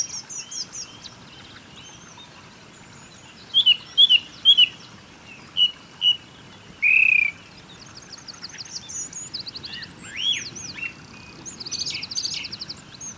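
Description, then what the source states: Birds singing several loud, clear whistled notes in a row, then a longer sustained note, followed by quieter rapid trills and chirps. Birds singing beside a small river.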